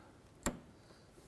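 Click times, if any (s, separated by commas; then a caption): 0.5 s. A plastic fuel line retaining clip is pushed into place onto a fuel line connector on a 2005-10 Jeep Grand Cherokee. A single sharp click sounds at 0.5 s against a quiet background. The clip snaps in and is seated.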